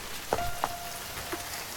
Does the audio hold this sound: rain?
yes